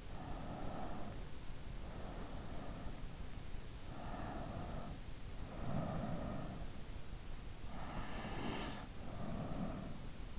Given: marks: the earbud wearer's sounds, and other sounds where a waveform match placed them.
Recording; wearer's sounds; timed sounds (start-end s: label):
sounds in sleep by an in-ear microphone; breath
0.00-3.35 s: breath
3.78-6.87 s: breath
7.66-10.39 s: breath